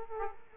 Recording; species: mosquito wingbeat signal from an infrared sensor; Aedes aegypti